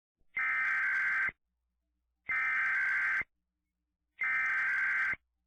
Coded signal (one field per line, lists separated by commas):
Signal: Emergency Alert System (SAME) tones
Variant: header bursts